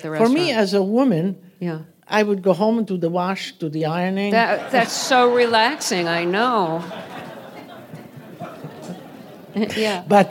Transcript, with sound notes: For me, as a woman...
Yeah.
...I would go home and do the wash, do the ironing.
(LAUGHTER)
That's so relaxing. I know. Yeah.